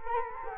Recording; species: mosquito wingbeat signal from an infrared sensor; Culex quinquefasciatus